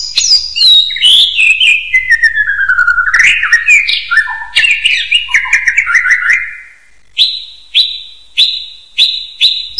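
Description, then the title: Bird song: a long, tumbling sequence of whistled and twittering notes, then a pause and a few separate sharp, high chips spaced roughly half a second apart. "burung online"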